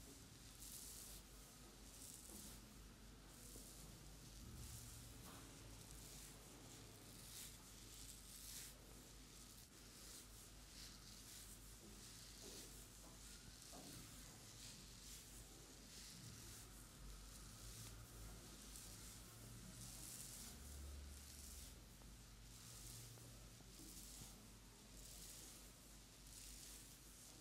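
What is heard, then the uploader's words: A head, back and neck massage, with soft rubbing and brushing strokes over a constant airy hiss. The level stays even throughout, with brief louder swipes every few seconds and a faint low hum underneath. ASMR Sleep Relief (No talking) - ASMR Head, Back and Neck Massage.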